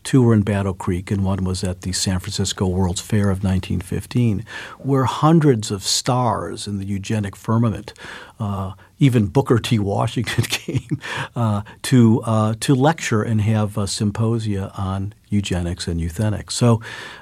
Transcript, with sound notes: Two were in Battle Creek, and one was at the San Francisco World's Fair of 1915, where hundreds of stars in the eugenic firmament - even Booker T. Washington came (laughter) - to lecture and have symposia on eugenics and euthenics.